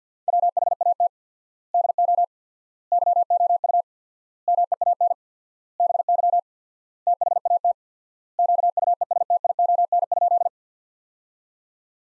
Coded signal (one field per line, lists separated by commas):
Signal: Morse code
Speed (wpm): 50 wpm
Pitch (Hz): 700 Hz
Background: none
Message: WHAT DO YOU MEAN BY THAT QUESTION?